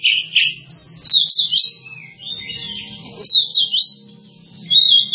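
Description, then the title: Java sparrow giving short bursts of high, bubbling chirps and swooping notes separated by quiet gaps, with a low hum beneath. "kicau gelatik"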